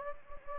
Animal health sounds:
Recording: mosquito wingbeat signal from an infrared sensor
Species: Anopheles gambiae

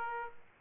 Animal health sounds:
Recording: mosquito wingbeat signal from an infrared sensor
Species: Aedes aegypti

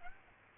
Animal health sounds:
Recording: mosquito wingbeat signal from an infrared sensor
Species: Aedes aegypti

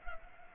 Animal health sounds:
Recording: mosquito wingbeat signal from an infrared sensor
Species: Culex pipiens

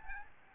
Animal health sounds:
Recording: mosquito wingbeat signal from an infrared sensor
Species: Aedes albopictus

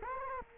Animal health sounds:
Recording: mosquito wingbeat signal from an infrared sensor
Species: Culex quinquefasciatus

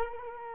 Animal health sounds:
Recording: mosquito wingbeat signal from an infrared sensor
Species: Culex quinquefasciatus

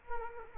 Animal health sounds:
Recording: mosquito wingbeat signal from an infrared sensor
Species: Culex quinquefasciatus

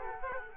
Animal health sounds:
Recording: mosquito wingbeat signal from an infrared sensor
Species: Culex quinquefasciatus

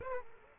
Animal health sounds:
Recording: mosquito wingbeat signal from an infrared sensor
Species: Aedes aegypti

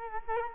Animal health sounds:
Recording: mosquito wingbeat signal from an infrared sensor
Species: Culex quinquefasciatus

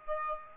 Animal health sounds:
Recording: mosquito wingbeat signal from an infrared sensor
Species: Aedes aegypti

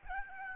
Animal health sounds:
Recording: mosquito wingbeat signal from an infrared sensor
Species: Aedes albopictus

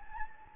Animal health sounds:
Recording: mosquito wingbeat signal from an infrared sensor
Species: Anopheles gambiae

